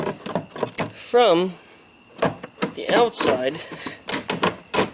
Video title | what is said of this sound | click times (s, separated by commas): How to Install a 350z Trailer Hitch | the ins place and you'll hear the little snaps click in | 4.3 s, 4.7 s